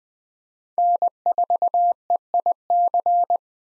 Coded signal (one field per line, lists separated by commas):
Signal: Morse code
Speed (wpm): 20 wpm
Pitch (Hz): 700 Hz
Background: none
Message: N4EIC